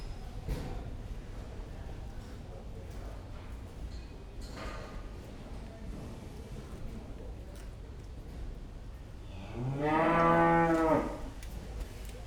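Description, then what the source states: Cow moos once near the end, a swelling harmonic call after a long stretch of quiet background noise with faint knocks. Cows in a pen.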